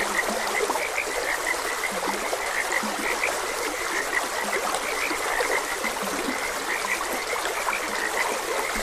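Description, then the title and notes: Frog chorus of short croaking notes repeated continuously, with a few lower croaks, set against steady running stream water. Frogs croaking beside a gentle stream. "Gentle Stream and Frogs Croaking. Sleep and Relaxation Podcast"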